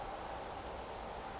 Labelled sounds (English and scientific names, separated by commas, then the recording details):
Common Blackbird (Turdus merula)
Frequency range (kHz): Common Blackbird (Turdus merula) 6.5-8.3 kHz
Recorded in France